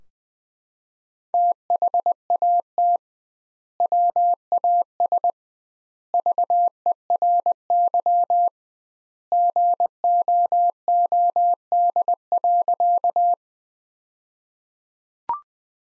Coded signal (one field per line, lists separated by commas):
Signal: Morse code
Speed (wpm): 20 wpm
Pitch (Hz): 700 Hz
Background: none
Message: THAT WAS VERY GOOD.